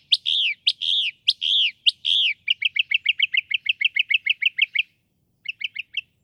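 Northern mockingbird song: a drawn-out arched whistle repeated several times, then a rapid even series of short chirps, a brief pause, and a few more.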